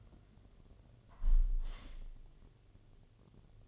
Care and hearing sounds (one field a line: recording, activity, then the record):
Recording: daily activity, microphone in the room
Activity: close window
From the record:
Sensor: 4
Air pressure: 1007.3 hPa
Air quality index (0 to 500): 200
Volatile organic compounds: 7 ppm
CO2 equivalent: 1989 ppm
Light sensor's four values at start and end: 23/73/28/27 and 23/73/28/27